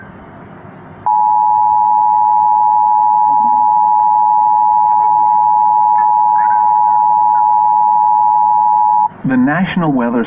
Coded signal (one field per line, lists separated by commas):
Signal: Emergency Alert System (SAME) tones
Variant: 853 and 960 Hz attention tone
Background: speech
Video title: Talking Angela gets Interrupted by the Emergency Alert System. AGAIN!?!?!